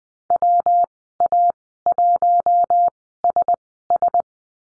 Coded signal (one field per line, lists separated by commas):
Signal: Morse code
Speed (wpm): 20 wpm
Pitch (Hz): 700 Hz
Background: none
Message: WA1SS